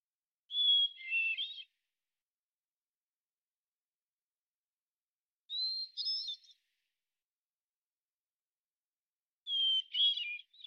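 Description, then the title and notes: Hermit thrush giving three separate song phrases, each starting with a long whistled tone and breaking into a swirling series of flute-like notes, with silent pauses between. Single bird singing in the Pacific Northwest, Washington, United States; song sequence ending with examples of eight basic phonemes and variants; isolated from original recording, natural pace and rhythm kept. "Hermit Thrush, Catharus guttatus, individual performance, song sequence with an end block of example 8 basic phonemes and variants, isolated from original, natural pace and rhythm maintained Recorded in the beautiful Pacific Northwest, Washington, United States"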